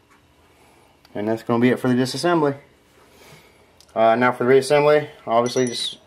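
A Sig P938 pistol barrel is handled during reassembly, about to be dropped into the slide, while someone talks. A brief faint tick is heard at 3.8 s between stretches of speech. Nothing has seated or clicked yet.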